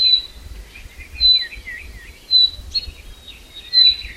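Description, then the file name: Common chaffinch giving four short, high whistled notes spaced about a second apart, with quieter twittering and low rumble underneath. "Fringilla coelebs"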